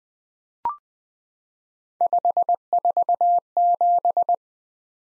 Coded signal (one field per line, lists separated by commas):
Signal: Morse code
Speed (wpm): 20 wpm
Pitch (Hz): 700 Hz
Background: none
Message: 547